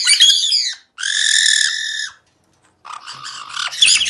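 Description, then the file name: Caique screaming: a rough squawk, then a sustained nasal harmonic screech of about one second, a pause, and a chattering series building into a shrill scream. Caique parrots screaming. "kak kricat popugai kaiki"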